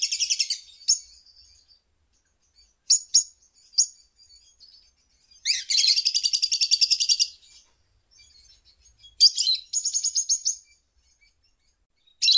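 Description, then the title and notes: Lovebird ngekek song: two long, rapid, shrill chattering trills with scattered short squeaky chirps and quiet gaps between them. Ngekek song style of a lovebird, used as a bait song (kicau pancingan) to prompt other lovebirds to sing. "Master Kicau Lovebird ngekek, kicau pancingan"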